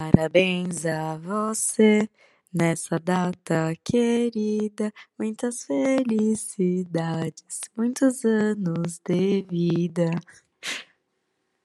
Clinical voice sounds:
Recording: short text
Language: Brazilian Portuguese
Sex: female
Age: 18 to 19 years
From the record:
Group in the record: control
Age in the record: 18 years

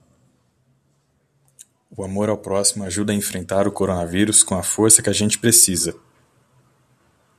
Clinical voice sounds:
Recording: spoken sentence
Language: Brazilian Portuguese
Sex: male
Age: 20 to 29 years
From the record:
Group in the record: control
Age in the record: 28 years

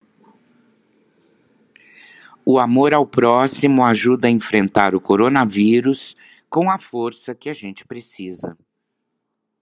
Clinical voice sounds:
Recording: spoken sentence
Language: Brazilian Portuguese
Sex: female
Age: 60 to 69 years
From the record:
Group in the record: control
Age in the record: 62 years

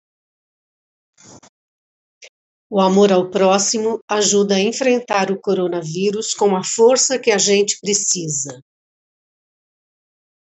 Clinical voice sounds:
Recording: spoken sentence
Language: Brazilian Portuguese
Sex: female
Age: 60 to 69 years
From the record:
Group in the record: control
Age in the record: 62 years

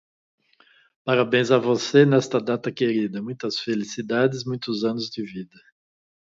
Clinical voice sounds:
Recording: short text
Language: Brazilian Portuguese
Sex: male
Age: 60 to 69 years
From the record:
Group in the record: control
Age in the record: 61 years

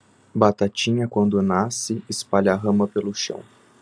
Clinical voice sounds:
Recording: short text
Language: Brazilian Portuguese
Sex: male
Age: 20 to 29 years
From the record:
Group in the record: control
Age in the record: 21 years

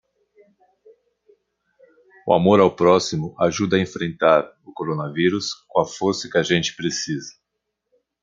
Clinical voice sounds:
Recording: spoken sentence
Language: Brazilian Portuguese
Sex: male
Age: 50 to 59 years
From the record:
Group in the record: control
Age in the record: 57 years

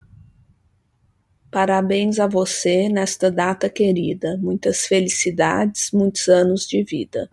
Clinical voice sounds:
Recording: short text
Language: Brazilian Portuguese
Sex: female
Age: 40 to 49 years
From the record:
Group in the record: control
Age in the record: 47 years

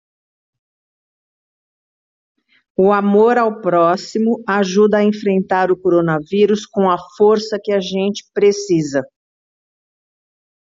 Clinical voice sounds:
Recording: spoken sentence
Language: Brazilian Portuguese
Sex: female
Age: 60 to 69 years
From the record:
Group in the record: control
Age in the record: 66 years

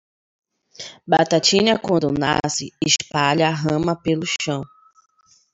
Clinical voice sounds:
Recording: short text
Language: Brazilian Portuguese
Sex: female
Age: 20 to 29 years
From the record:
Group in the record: control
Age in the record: 28 years

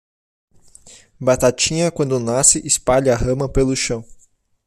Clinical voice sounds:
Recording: short text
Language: Brazilian Portuguese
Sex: male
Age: 20 to 29 years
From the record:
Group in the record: control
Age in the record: 27 years

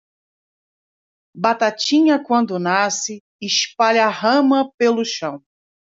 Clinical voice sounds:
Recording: short text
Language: Brazilian Portuguese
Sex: female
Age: 50 to 59 years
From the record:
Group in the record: control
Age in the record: 51 years

